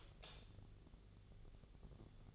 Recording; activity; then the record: daily activity, microphone in the room; light off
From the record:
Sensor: 4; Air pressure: 1000.9 hPa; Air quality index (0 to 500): 122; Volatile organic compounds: 1 ppm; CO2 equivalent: 920 ppm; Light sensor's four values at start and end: 33/83/34/37 and 32/77/32/35